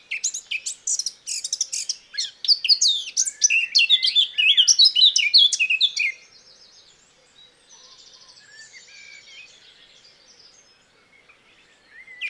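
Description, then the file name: Eurasian blackcap song: a loud six-second rush of quick, varied fluty and chattering notes, followed by quieter, subdued twittering and a brief final note. "Sylvia atricapilla"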